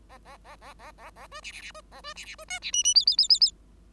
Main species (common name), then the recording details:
Bengalese Finch. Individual Bird5